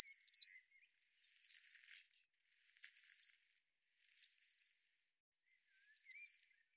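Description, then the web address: Bird repeating a phrase of four quick, high, descending chirps about every one and a half seconds, five phrases in all, with silence between. "cianscape birddata Deverinetal 2025 File cleaned normalized Bird Cy Ca"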